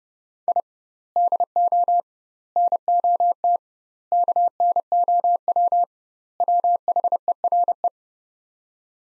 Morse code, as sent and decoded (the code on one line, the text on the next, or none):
.. / -.. --- / -. --- - / -.- -. --- .-- / .-- .... . .-. .
I DO NOT KNOW WHERE